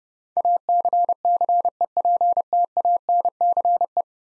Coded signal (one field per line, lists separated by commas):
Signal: Morse code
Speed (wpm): 30 wpm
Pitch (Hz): 700 Hz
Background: none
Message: ACCEPTANCE